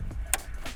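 The male end of a black 10-pin amplifier harness connector is pushed into a factory radio socket. Its plastic latch gives a single sharp, bright click at 0.3 s against a low background rumble and faint softer handling sounds. The connector is seated.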